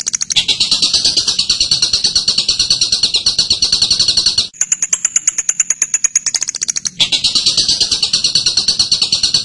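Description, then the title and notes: Bird song: a loud, rapid buzzy chatter that breaks midway into a thinner, higher run of quick chips, then returns to the buzzy chatter. Masteran: a birdsong training recording. "MASTERAN BURUNG. suarane manok"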